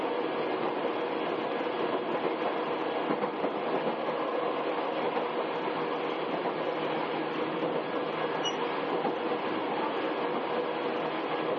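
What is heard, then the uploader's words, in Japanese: An Izukyu 8000 series train running on the Izukyu line, a steady, dense rumble of wheels and motor that holds an even level throughout. A faint humming tone runs underneath, and a brief high squeal appears around the eight-second mark. 伊豆急8000系 伊豆急下田〜伊東。伊豆急行線の全区間の録音です。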